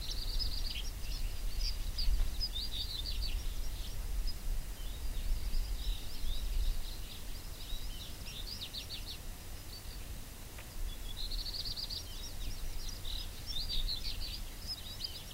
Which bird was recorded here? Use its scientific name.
Montifringilla nivalis